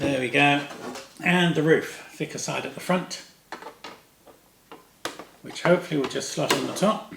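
A plastic roof, thicker side at the front, is being handled to slot onto the top of a model stand while someone talks, with small taps and knocks of the parts at about 3.5 to 5.2 seconds. The roof has not seated or clicked yet when the clip ends.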